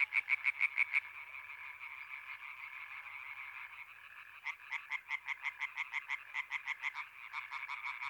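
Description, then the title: European tree frog chorus with bursts of loud rapid croaks from single frogs standing out over a continuous rattling mass of calls. Chorus at Étang des Marguilliers pond, Sologne, France, 21 May 1993, one hour after nightfall, intense calling activity. "Choeur de rainettes en Sologne"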